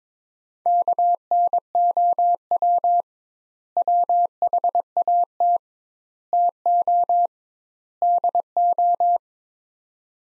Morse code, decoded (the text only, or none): KNOW WHAT TO DO